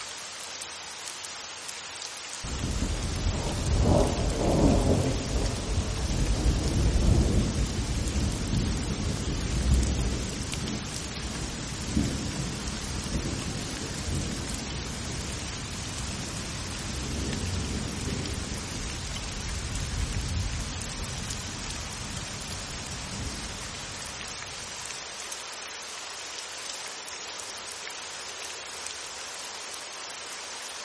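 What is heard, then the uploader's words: Steady hissing rain fills the scene as a deep rolling thunder rumble starts near three seconds, swelling and slowly fading out by twenty-five. Thunderstorm Sounds. The relaxing sound of thunderstorms.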